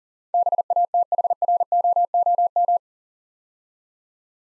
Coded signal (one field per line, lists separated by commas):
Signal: Morse code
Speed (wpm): 40 wpm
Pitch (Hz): 700 Hz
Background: none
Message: BATHROOM